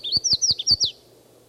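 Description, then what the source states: Red-faced Warbler song: a quick run of several high, slurred notes lasting under a second. At the foot of Mount Eldon Road, 17 May, about 10:00–10:30; song given while flying from one tree to another.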